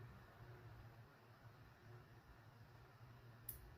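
A pin punch pushes in the spring pin on the stainless steel clasp of an OG SAS 5216 dual-pin watch bracelet, and the micro-adjustment slides in one position from the furthest-out setting. After a low, steady background hum, a single short, sharp click at 3.5 s marks the spring pin seating in the clasp's adjustment hole.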